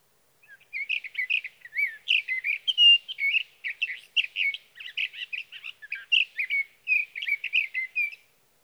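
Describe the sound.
Sage thrasher song, an unbroken run of fast, varied warbled and whistled phrases lasting about eight seconds.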